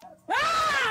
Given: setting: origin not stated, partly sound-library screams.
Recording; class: one-second piece from a danger detection set; woman in danger